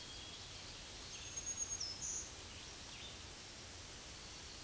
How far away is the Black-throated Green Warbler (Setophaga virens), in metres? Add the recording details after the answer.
about 30 m. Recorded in a Pennsylvania forest on 18 May 2023 at 07:27. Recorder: AudioMoth, point grid1_6_low. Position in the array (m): 173 m, 61 m